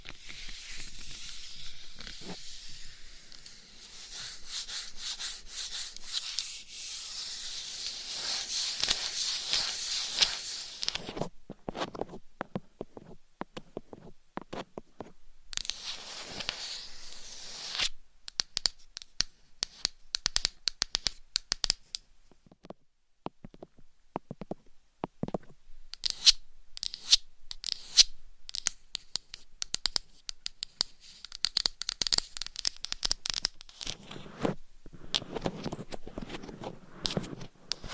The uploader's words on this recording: ASMR Tingly Gentle Tapping & Scratching to Help You Fall Asleep No Talking.